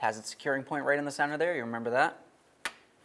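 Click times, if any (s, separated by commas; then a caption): 2.6 s. Someone talks while a wiring harness's plastic retaining clip is pushed into its securing point in the center along the bottom of the radiator during a radiator replacement on a 1999-2003 Toyota Solara. A sharp snap is heard at 2.6 s as the clip locks into its mounting hole, and it is seated.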